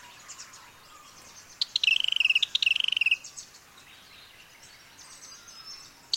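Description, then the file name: Robin song: a fast, even trill of short notes running for over a second, with scattered faint high chips before and after. Medley of robin sounds. "BIRD rcrobin medley"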